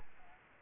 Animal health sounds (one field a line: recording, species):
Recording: mosquito wingbeat signal from an infrared sensor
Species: Aedes albopictus